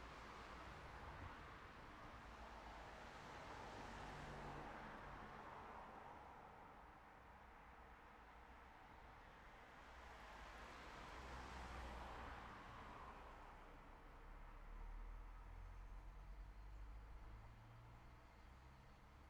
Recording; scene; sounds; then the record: everyday scene through a hearing-aid microphone; in traffic; traffic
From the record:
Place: city secondary road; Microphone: behind the ear, right, front